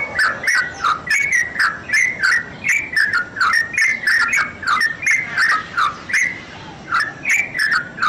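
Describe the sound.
Bird singing a rapid series of clipped whistles, some rising and some falling, delivered roughly three per second without pause.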